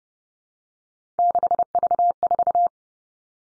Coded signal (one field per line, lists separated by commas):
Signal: Morse code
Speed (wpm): 32 wpm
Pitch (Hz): 700 Hz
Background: none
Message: 6V4